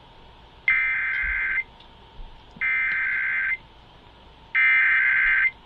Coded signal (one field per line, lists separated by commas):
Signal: Emergency Alert System (SAME) tones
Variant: header bursts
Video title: IMAGINE MISSOULA... EAS Tests from September 2024 (EAS #5,014 - 5,053)